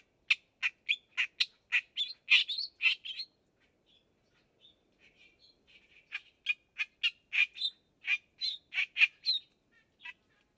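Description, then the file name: Clamorous reed warbler song of loud, rasping notes repeated rapidly, a chattering phrase, a quiet pause with soft notes, then another burst of harsh repeated notes. "stentorrohrsaenger"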